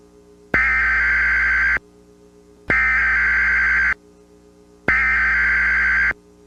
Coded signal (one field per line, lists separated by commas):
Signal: Emergency Alert System (SAME) tones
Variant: header bursts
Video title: EAS Scenario // Blast Furnace (ft. EASBear2007) //